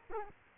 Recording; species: mosquito wingbeat signal from an infrared sensor; Culex quinquefasciatus